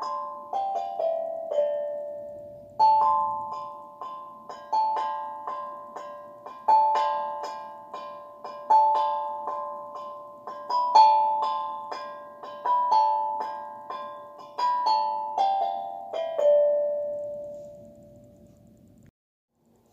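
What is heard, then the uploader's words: A tongue drum is played in a steady, unhurried melody, each struck note ringing out and fading before the next. Bright, bell-like tones repeat in regular phrases for about eighteen seconds, ending on a held note that decays into silence. Playing a new steel drum, called a tongue drum.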